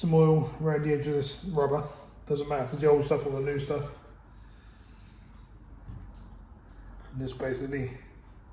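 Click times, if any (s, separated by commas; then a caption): none. A man talks while oiling the rubber seal on the plastic filter housing cap of a Vauxhall Mokka 1.6 CDTi oil filter, then quiet handling follows as a new paper oil filter element is lined up to press into the bottom of the cap. Nothing has seated or clicked yet.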